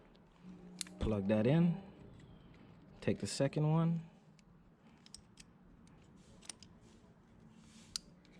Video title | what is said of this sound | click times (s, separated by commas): Gsxr quick shifter Part 2 | boom, you hear the click. | 8.0 s